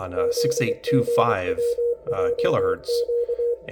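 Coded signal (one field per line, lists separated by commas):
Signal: Morse code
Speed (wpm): 23 wpm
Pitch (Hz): 480 Hz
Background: speech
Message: ZGWJQ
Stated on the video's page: French military coded messages received on a Kiwi SDR in Ireland.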